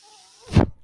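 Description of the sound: Faint mechanical hum, then a brief low whooshing thump of a home ventilator delivering a breath.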